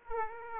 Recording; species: mosquito wingbeat signal from an infrared sensor; Aedes aegypti